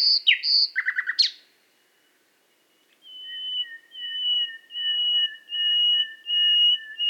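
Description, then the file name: Common nightingale song: a quick burst of rapid repeated notes and a sharp note, a pause, then a series of long pure whistles held on one pitch. "Luscinia megarhynchos"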